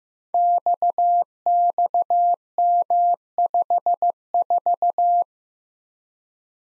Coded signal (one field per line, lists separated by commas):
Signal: Morse code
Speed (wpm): 15 wpm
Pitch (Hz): 700 Hz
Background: none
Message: XXM54